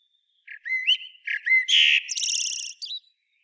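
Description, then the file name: Common blackbird song: a few short whistled notes rising in pitch, followed by a dense, scratchy high twitter and one final thin squeak. "Turdus merula"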